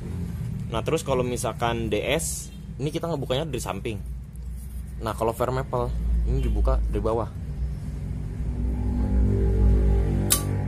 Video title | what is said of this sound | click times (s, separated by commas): REVIEW 8 - Nesting Firemaple Feast 1 | Until it clicks That's it. | 10.3 s